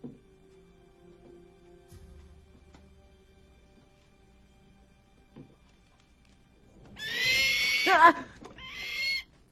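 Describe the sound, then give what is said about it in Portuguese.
After several seconds of near silence, a bird lets out a loud, harsh, high screeching call in two quick bursts, the first longer and wavering, the second short. “Gostaria que tivesse deixado essa droga de pássaro em casa, porque não pode ter um cachorrinho ou um periquito.”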